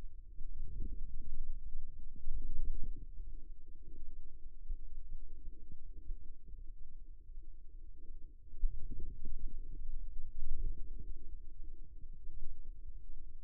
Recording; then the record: forearm muscle sounds (acoustic myography)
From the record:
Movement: ulnar deviation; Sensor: system 2, bracelet of six BSWA MPA416 microphones around the upper forearm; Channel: 1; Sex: male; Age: 22 years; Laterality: right